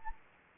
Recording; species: mosquito wingbeat signal from an infrared sensor; Anopheles gambiae